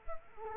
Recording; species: mosquito wingbeat signal from an infrared sensor; Culex quinquefasciatus